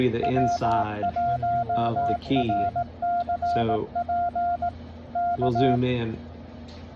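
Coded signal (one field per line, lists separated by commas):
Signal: Morse code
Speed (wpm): 18 wpm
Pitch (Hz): 700 Hz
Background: speech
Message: W1RCP K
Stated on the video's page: CW from a Sunday morning state park outing for the NAQCC challenge, under poor band conditions.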